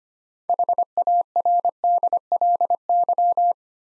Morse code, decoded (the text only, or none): HARDLY